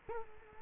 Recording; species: mosquito wingbeat signal from an infrared sensor; Culex quinquefasciatus